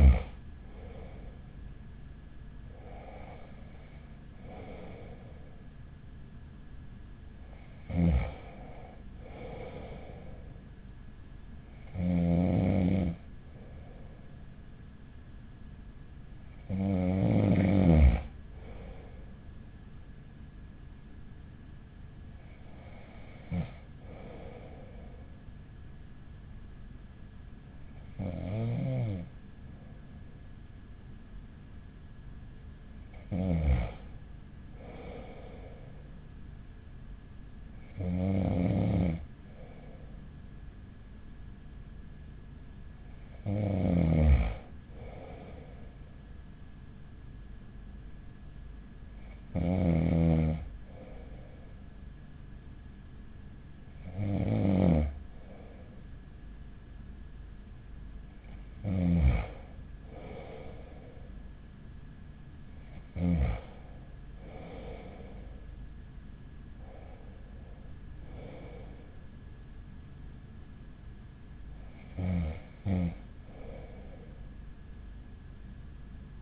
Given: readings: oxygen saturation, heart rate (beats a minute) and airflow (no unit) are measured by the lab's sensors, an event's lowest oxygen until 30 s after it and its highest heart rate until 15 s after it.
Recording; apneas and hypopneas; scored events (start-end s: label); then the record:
breathing in sleep by a smartphone at the bedside; none
none scored
From the record:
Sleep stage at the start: N2 (light sleep); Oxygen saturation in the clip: 94 to 95%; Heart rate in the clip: 40 to 47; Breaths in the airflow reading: 16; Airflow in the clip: -5.9 to 9.0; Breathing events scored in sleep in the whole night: 207 in 7.6 hours asleep